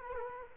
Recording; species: mosquito wingbeat signal from an infrared sensor; Culex quinquefasciatus